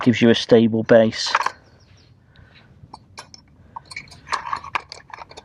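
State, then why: Seated. Someone talks, then the folding metal pan-support arms on the burner head of a vintage, roughly 50-year-old camping gas stove are swung out with a few light metallic clinks. One arm snaps into its locked position with a sharp click at 4.8 s, and the arms are seated.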